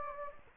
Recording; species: mosquito wingbeat signal from an infrared sensor; Anopheles gambiae